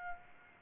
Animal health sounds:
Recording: mosquito wingbeat signal from an infrared sensor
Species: Aedes aegypti

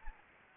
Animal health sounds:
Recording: mosquito wingbeat signal from an infrared sensor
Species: Anopheles gambiae

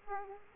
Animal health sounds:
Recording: mosquito wingbeat signal from an infrared sensor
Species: Aedes aegypti

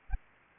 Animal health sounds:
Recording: mosquito wingbeat signal from an infrared sensor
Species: Aedes aegypti

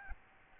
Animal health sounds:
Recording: mosquito wingbeat signal from an infrared sensor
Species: Aedes albopictus

